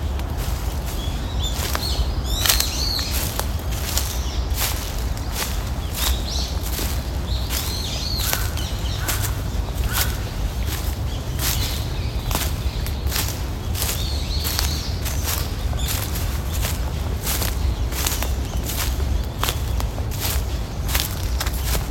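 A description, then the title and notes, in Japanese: Footsteps crunch through fallen leaves in a park, a steady run of sharp, crackly steps about twice a second throughout. Small birds chirp brightly at intervals, most clearly around 2–3 and 7–8 seconds. A low, constant rush of flowing water fills the background. 公園の朝散歩で聴こえてくる自然音を無言配信しています。朝、公園で聴こえてくる小川のせせらぎや滝のオト、小鳥のさえずりや落ち葉ふみなど。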